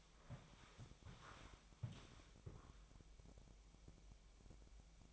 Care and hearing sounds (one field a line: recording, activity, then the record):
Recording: daily activity, microphone in the room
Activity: walk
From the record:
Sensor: 1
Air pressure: 1000.6 hPa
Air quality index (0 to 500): 168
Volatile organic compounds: 4 ppm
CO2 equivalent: 1563 ppm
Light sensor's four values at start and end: 13/31/13/14 and 12/30/12/14